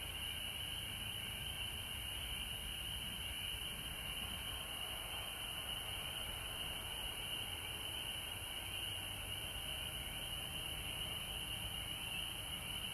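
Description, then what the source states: Frog chorus, many overlapping calls merging into one continuous high buzz, steady throughout. Frogs recorded at home in Georgia on March 19, 2020.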